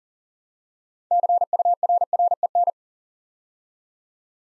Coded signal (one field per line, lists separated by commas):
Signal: Morse code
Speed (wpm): 40 wpm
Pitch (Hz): 700 Hz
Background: none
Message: CURREN